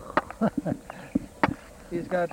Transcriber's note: Prabhupāda laughs